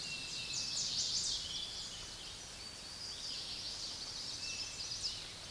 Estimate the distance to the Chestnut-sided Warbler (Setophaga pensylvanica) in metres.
about 30 m